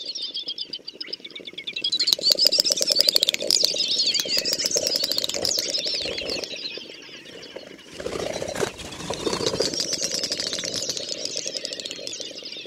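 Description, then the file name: Great snipe display sounds, two loud bouts of rapid clicking with high wavering whistles and an underlying hum, separated by a brief dip and a burst of noise. "Dubelt"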